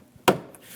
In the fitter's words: Be sure it clicks into place.